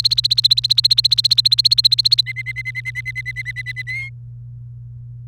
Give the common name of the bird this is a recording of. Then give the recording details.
Domestic Canary. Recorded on 29 April 2018 at 12:45. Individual llb3